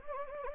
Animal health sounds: mosquito wingbeat signal from an infrared sensor; Anopheles gambiae

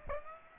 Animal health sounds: mosquito wingbeat signal from an infrared sensor; Aedes aegypti

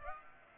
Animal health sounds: mosquito wingbeat signal from an infrared sensor; Aedes aegypti

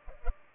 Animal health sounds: mosquito wingbeat signal from an infrared sensor; Culex pipiens

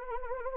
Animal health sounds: mosquito wingbeat signal from an infrared sensor; Anopheles arabiensis

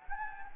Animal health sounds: mosquito wingbeat signal from an infrared sensor; Anopheles gambiae

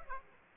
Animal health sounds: mosquito wingbeat signal from an infrared sensor; Aedes aegypti

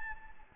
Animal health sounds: mosquito wingbeat signal from an infrared sensor; Anopheles gambiae

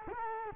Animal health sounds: mosquito wingbeat signal from an infrared sensor; Culex quinquefasciatus

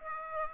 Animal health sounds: mosquito wingbeat signal from an infrared sensor; Aedes aegypti

